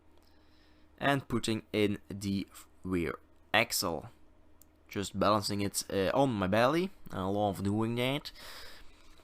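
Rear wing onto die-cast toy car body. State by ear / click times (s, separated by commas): not seated / none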